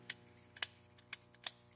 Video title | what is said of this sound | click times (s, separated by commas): Forward Controls Design - ASF Installation Tips | Very smooth function, very positive clicks on here. | 0.1 s, 0.6 s, 1.1 s, 1.5 s